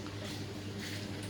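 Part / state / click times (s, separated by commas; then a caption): push lock on wardrobe sliding doors / not seated / none. A push-button lock on the sliding doors of a wooden wardrobe is being handled, with a steady low hum and faint handling noise throughout. Nothing has seated or clicked yet.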